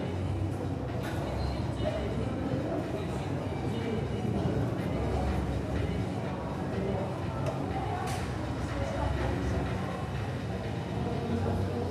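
Gym ambience with a steady low rumble of machinery and murmuring voices, broken by occasional sharp clinks near two, five and eight seconds.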